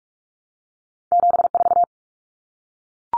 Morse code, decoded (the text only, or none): 74